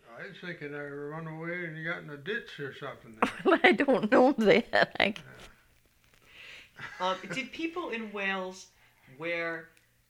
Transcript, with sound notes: I was thinking it run away and got in a ditch or something.
(she laughs) I don't know that. (laughs)
Did people in Wales wear